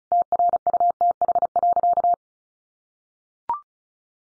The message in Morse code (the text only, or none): TRUTH.